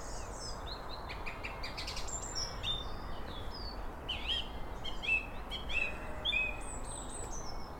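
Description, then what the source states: Song thrush singing varied, clear phrases with repeated notes, alongside other birds chirping and a faint low hum. Another song thrush singing at dawn in spring beside the Monmouth-Brecon canal in the Brecon Beacons.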